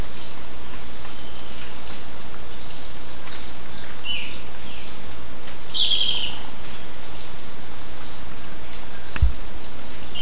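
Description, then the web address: Bird calls: a steady series of many high chirps, with a few lower buzzy notes in between, over a constant hiss and one brief thump. "BIRD 2015 SABIOD"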